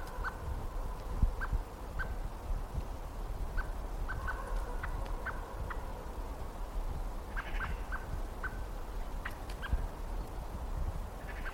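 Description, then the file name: Common blackbird calls: short sharp notes repeated irregularly over a steady low rumble. "Turdus merula"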